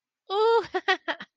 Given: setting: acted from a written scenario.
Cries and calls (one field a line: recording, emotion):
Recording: vocal sound without words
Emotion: positive surprise